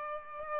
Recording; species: mosquito wingbeat signal from an infrared sensor; Aedes albopictus